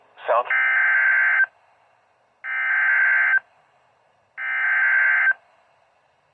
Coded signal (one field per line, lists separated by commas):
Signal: Emergency Alert System (SAME) tones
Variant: header bursts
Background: speech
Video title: 2 SVRS - EAS Alerts from 7/16/24 #85-86